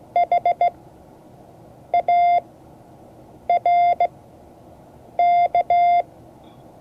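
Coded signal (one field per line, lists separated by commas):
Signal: Morse code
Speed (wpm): 16 wpm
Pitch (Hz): 700 Hz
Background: none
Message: HARK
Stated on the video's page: Morse code class.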